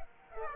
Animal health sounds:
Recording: mosquito wingbeat signal from an infrared sensor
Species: Aedes aegypti

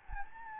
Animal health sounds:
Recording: mosquito wingbeat signal from an infrared sensor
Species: Anopheles gambiae

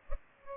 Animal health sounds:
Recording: mosquito wingbeat signal from an infrared sensor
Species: Culex pipiens

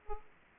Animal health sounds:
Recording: mosquito wingbeat signal from an infrared sensor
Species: Aedes aegypti

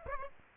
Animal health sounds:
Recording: mosquito wingbeat signal from an infrared sensor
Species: Aedes aegypti

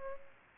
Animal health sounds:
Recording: mosquito wingbeat signal from an infrared sensor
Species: Culex pipiens

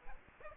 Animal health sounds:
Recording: mosquito wingbeat signal from an infrared sensor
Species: Aedes aegypti

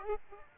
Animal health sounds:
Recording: mosquito wingbeat signal from an infrared sensor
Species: Aedes aegypti

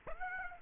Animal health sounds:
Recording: mosquito wingbeat signal from an infrared sensor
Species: Aedes aegypti

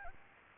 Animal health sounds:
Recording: mosquito wingbeat signal from an infrared sensor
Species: Aedes albopictus

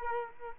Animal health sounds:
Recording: mosquito wingbeat signal from an infrared sensor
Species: Culex quinquefasciatus

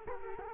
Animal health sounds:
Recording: mosquito wingbeat signal from an infrared sensor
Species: Culex quinquefasciatus

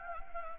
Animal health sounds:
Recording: mosquito wingbeat signal from an infrared sensor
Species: Anopheles gambiae

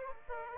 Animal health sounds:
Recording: mosquito wingbeat signal from an infrared sensor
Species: Aedes aegypti

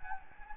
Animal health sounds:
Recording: mosquito wingbeat signal from an infrared sensor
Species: Anopheles gambiae

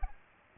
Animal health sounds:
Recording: mosquito wingbeat signal from an infrared sensor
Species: Aedes aegypti

